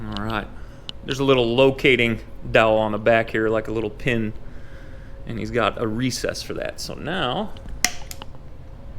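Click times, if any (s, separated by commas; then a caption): 7.9 s. A component with a small locating dowel pin on its back is pressed onto a mating piece with a matching recess on an adaptive ATV. Someone talks, then a sharp click at 7.8 s is followed by a few smaller ticks as it seats. The mount snaps into place.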